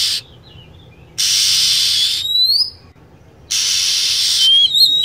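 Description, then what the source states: Lovebird sounds: two long, harsh hissing bursts, each followed by thin rising and wavering high-pitched whistles. Lure recording used to attract lovebirds.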